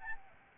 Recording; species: mosquito wingbeat signal from an infrared sensor; Aedes albopictus